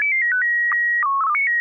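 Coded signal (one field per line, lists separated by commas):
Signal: SSTV (slow-scan television)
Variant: PD 120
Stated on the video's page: SSTV images exchanged on an amateur radio net via a 441.300 MHz FM repeater, sent with MMSSTV software.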